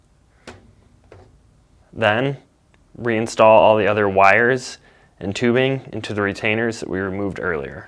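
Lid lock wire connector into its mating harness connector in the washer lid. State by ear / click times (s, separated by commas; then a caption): seated / 0.5 s. A lid lock wire connector for a Fisher & Paykel washing machine lid lock, part # 424314P, is lined up and pressed into its mating harness connector in the washer lid until it snaps into place. It gives a sharp click at 0.5 s, followed by a fainter tick at 1.1 s. Someone then talks, and the connector is seated.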